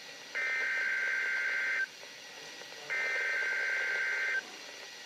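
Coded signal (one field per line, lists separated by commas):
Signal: Emergency Alert System (SAME) tones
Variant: header bursts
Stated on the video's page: Required Weekly Test on NOAA Weather Radio station KGG67, Panama City, Florida; live capture.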